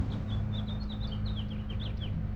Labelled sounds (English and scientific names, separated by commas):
House Finch (Haemorhous mexicanus) song